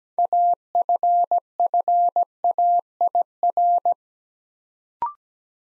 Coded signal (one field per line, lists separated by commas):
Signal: Morse code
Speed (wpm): 17 wpm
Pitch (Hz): 700 Hz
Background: none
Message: AFFAIR